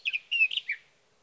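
Sage thrasher giving a brief jumble of a few quick warbled and slurred notes.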